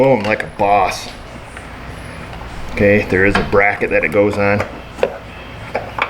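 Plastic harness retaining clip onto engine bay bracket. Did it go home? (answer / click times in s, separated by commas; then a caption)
no / none. Someone talks while handling a new starter/battery cable harness for a Honda Accord, bringing its plastic retaining clip to the mounting bracket in the engine bay, with a few short knocks and taps near the end. Nothing has seated or clicked yet.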